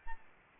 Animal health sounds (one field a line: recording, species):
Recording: mosquito wingbeat signal from an infrared sensor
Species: Aedes albopictus